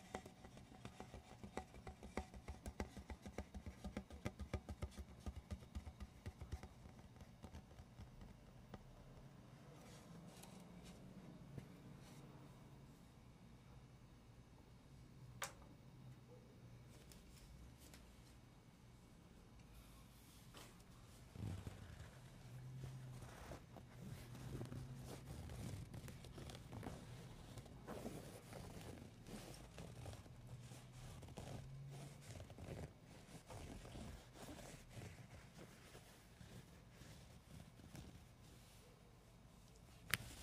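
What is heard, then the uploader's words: Gentle tapping and scratching goes on for the whole clip, with soft clicks landing in quick, uneven runs. A low, steady rumble sits underneath. After about twenty seconds the taps come thicker and a little louder, and one sharp tap falls near the end. ASMR medium gentle tapping and scratching.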